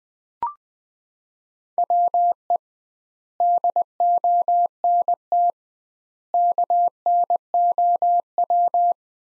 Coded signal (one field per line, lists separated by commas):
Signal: Morse code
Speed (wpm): 20 wpm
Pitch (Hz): 700 Hz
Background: none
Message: WE DONT KNOW